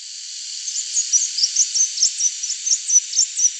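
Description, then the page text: Crimson sunbird singing a fast, continuous string of high, squeaky chips and short trills over a hissing background. "Crimson Sunbird Song. Quick Sounds"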